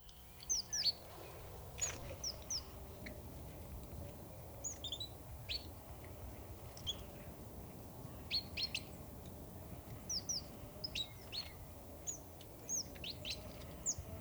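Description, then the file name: Great tit calling in brief, thin high chips, some doubled, spaced unevenly with short pauses, against low background hum. "Parus major"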